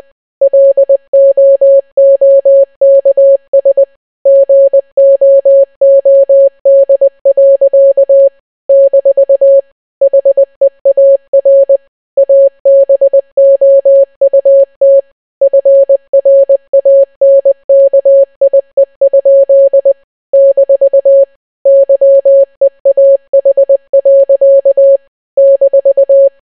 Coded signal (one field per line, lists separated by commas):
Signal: Morse code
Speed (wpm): 20 wpm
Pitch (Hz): 550 Hz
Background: none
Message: LOOKS GOOD. - HEAR ABOUT FRANKIE? - YEAH. -